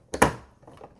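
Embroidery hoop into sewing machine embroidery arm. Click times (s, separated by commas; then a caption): 0.1 s, 0.2 s. An embroidery hoop is slid under the needle and pushed onto the embroidery arm connector of a Brother SE700 sewing and embroidery machine. Two sharp clicks are heard at 0.1 s and 0.2 s, the second louder, followed by a few faint softer ticks around 0.7–0.8 s. The hoop is seated and clicks into place easily.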